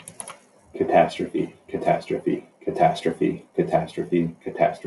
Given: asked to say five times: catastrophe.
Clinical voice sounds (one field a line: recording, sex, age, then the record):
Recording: repeated word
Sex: male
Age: 30 to 39 years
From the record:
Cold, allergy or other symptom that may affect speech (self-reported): no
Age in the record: 39 years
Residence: Utah, United States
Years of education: 16